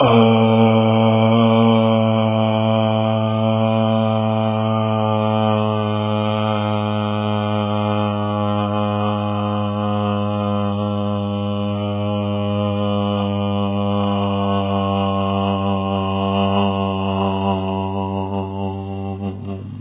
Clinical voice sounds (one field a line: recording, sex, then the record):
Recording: sustained vowel /a/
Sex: male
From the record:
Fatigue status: no fatigue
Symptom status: asymptomatic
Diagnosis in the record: COVID-19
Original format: 3gp